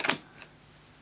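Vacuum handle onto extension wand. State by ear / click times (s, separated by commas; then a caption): seated / 0.1 s. A plastic extension wand for a Shark NV350 Lift Away bagless upright vacuum cleaner is pushed firmly down into the handle, giving a quick cluster of sharp plastic clicks. It clicks into position at 0.1 s, with a fainter tick at 0.4 s, and the wand is seated.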